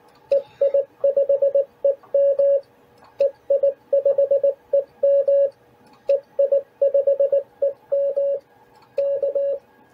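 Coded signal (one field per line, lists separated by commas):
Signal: Morse code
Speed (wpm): 18 wpm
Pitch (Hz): 560 Hz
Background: none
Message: EI5EM EI5EM EI5EM K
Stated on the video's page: CW QRP transceiver built from a kit, covering 20m, 30m and 40m, heard in on-air contacts.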